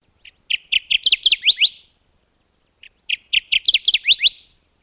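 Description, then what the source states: Kirtland's Warbler song: two loud phrases of quick chips ending in emphatic slurred notes, the second starting about two and a half seconds after the first. Breeds only in a tiny area of the northern Lower Peninsula of Michigan; nests on the ground under the bottom branches of jack pines.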